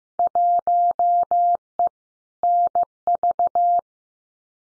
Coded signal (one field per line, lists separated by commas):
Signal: Morse code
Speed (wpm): 15 wpm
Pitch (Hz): 700 Hz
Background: none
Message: 1E NV